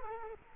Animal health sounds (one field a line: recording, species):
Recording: mosquito wingbeat signal from an infrared sensor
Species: Culex quinquefasciatus